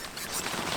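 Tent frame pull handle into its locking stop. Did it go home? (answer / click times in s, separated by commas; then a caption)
no / none. A red pull handle on a pop-up ground tent frame is handled as it is pulled toward its locking stop, giving a steady broadband rustling and scraping with no sharp transients across the 0.8 seconds. Nothing has seated or clicked yet.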